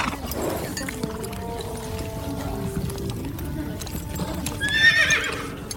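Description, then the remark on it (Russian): Horse hooves clip-clop steadily over a low rumbling background, with a high, shrill whinny rising near the end. “Хороши у вас лошадки”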